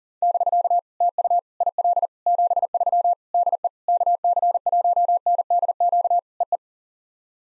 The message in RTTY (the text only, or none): none